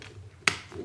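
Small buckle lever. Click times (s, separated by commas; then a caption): 0.5 s. The small release lever on the ratchet buckle of a KORE Essentials tactical gun belt is pushed, giving one sharp, bright click at 0.5 s against a quiet background, with a fainter tick near the end. The lever frees the belt from its track so the belt can be slid open.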